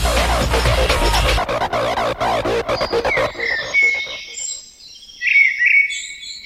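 A loud, dense burst of sound and a run of sharp clicks give way to bright birdsong: high, warbling chirps and quick trills that rise and fall in a lively pattern.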